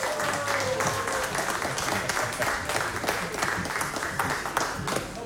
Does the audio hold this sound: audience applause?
yes